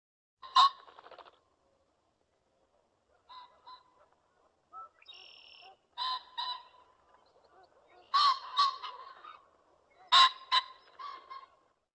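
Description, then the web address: Pheasant calls: harsh, raspy bursts at irregular intervals, with quieter notes between them and otherwise silent gaps. "bird pheasant"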